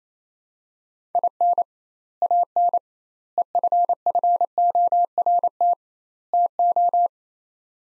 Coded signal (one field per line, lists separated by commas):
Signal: Morse code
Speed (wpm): 28 wpm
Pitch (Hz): 700 Hz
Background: none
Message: IN AN EFFORT TO